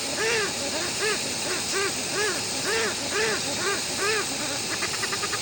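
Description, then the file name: Westland petrel song of arched, braying notes at an uneven pace, ending in a fast run of short clipped pulses. "westland black petrel song"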